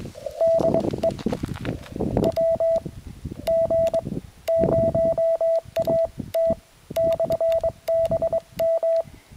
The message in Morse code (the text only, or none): DE WG0AT/BM